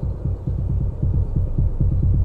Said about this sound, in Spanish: Os juro que lo único que escuchaba por encima de todo eran los latidos de mi corazón.